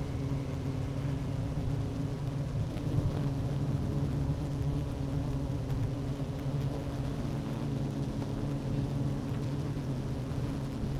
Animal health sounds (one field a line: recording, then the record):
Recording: honeybee colony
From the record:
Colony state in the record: active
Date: 12 June 2018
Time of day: 11:50